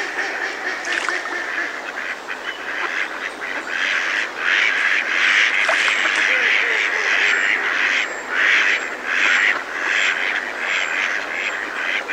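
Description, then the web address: Mallard quacking, a busy chorus of harsh nasal quacks from several ducks, some louder, others fainter, overlapping throughout. Males and females calling, some close and others in the distance; a female heard close. "BBC Ducks"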